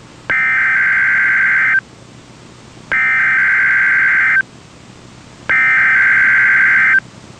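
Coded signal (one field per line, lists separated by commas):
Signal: Emergency Alert System (SAME) tones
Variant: header bursts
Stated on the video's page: NOAA Weather Radio required weekly test; audio from an online streaming player synced to the original recording from a Midland weather radio.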